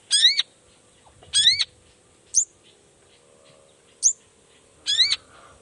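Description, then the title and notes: Long-tailed shrike calls: three loud stacked whistled phrases mixed with two short sharp high chips. Singing actively ('gacor') in the morning with varied 'toet toet' sounds; makes other shrikes respond ('nyaut') and open up their material. "Langsung NYAUTTTTT ! Cendet Gacor Dor Di Kala Pagi Toet Toet Variasi Suara J. Nyaut Seketika.! Cendet Gacor Pagi Hari Biangnya Bikin Cendet Manapun Langsung On Nyaut Buka Materi. Burung cendet"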